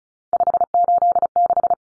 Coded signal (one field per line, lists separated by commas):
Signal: Morse code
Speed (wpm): 34 wpm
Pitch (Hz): 700 Hz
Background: none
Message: 586